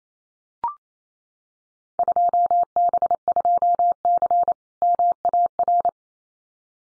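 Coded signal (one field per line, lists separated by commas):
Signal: Morse code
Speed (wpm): 28 wpm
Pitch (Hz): 700 Hz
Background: none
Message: 2B2C MAR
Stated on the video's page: Field Day exchange head-copy drill at 28wpm with equally probable exchanges, each sent in Morse, spoken, then sent again.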